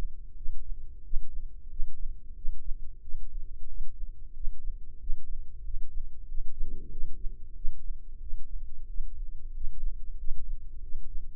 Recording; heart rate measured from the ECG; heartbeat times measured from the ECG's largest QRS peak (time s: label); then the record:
heart sounds by microphone in the right ear; 92 bpm
0.35 s: heartbeat
1.02 s: heartbeat
1.69 s: heartbeat
2.34 s: heartbeat
3.01 s: heartbeat
3.67 s: heartbeat
4.33 s: heartbeat
4.98 s: heartbeat
5.63 s: heartbeat
6.26 s: heartbeat
6.89 s: heartbeat
7.54 s: heartbeat
8.19 s: heartbeat
8.86 s: heartbeat
9.52 s: heartbeat
10.16 s: heartbeat
10.80 s: heartbeat
From the record:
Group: healthy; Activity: rest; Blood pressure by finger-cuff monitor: 109/76 mmHg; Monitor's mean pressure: 85 mmHg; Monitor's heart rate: 91 bpm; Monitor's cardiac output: 7.5 L/min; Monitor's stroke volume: 82 mL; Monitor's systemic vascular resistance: 820 dyn s/cm5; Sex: male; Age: 19 years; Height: 178 cm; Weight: 83 kg